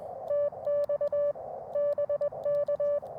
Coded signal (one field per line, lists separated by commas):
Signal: Morse code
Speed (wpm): 21 wpm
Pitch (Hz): 560 Hz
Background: music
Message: TX BK